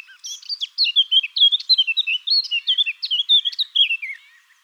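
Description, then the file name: Eurasian blackcap song, a fast rich warble of varied whistled and scratchy notes running continuously for about four seconds before stopping. "Sylvia atricapilla"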